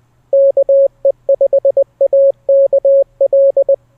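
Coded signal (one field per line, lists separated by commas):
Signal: Morse code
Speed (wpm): 20 wpm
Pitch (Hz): 550 Hz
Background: none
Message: KE5AKL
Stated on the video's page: Callsign copy speed practice for SOTA CW.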